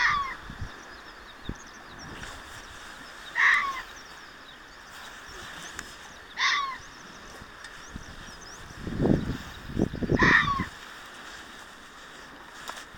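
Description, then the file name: Fox giving three rasping barks a few seconds apart, with low rumbling thuds in the background. Recorded 6 June 2024. "キツネ 240606"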